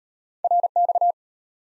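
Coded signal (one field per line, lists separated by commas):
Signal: Morse code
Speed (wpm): 34 wpm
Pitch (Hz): 700 Hz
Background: none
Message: RX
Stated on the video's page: Morse abbreviations practice at 25 WPM, starting fast and slowing incrementally to base speed; fastest is 1.5 times slowest; final repeat at maximum speed.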